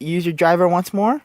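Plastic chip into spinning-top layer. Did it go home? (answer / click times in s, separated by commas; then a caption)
no / none. Someone talks while handling a Drain Fafnir spinning top, using a plastic tool to turn the plastic chip back into the top's layer. Only speech is heard; the chip has not clicked into the layer yet.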